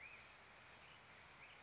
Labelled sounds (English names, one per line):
Black-headed Grosbeak